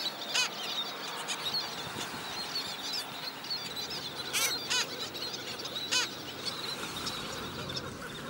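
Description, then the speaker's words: Black skimmer calls: short, harsh, nasal yaps in scattered bursts over a steady background hiss. Black skimmers lack a beautiful song; these calls are the sound they make instead. "They are the black skimmers. And instead of a beautiful bird song, they sound like this."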